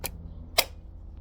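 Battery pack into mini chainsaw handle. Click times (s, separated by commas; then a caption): 0.6 s. A battery pack is slid from front to back onto the handle of a 6-inch Handwise battery mini chainsaw. A sharp click sounds at 0.1 s, then the loudest, brightest click at 0.6 s as the pack latches, followed by a faint tick near 1.2 s over a low steady hum. The battery pack is seated.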